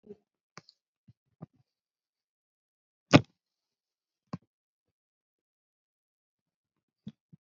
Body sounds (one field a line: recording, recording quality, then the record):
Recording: deep breathing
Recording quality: poor, much background noise or distortion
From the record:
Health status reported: recovered from COVID-19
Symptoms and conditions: cough, cold, fatigue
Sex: female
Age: 20 years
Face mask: worn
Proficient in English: yes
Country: India